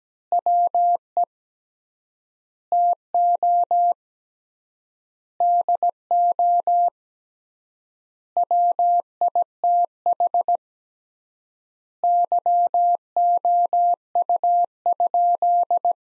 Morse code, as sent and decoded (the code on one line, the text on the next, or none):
.-- . / - --- / -.. --- / .-- .. - .... / -.-- --- ..- ..--..
WE TO DO WITH YOU?